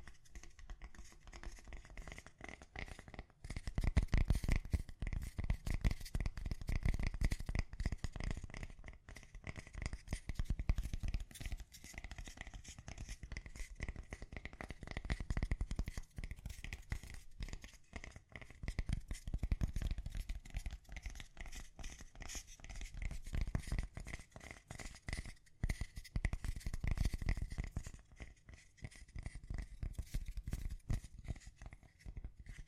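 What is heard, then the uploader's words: Gentle tapping in a small, quiet room, a dense run of light, close taps with no steady beat. The taps swell into louder, heavier stretches around 4, 7, 15, 20 and 27 seconds, with papery crinkles and rustles mixed in throughout. ASMR Gently Tapping. (No Talking).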